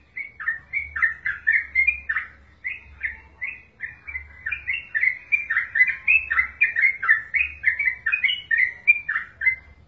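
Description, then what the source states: Yellow-vented bulbul chattering, a rapid run of short, warbled chirps that dip and rise. Wild bird.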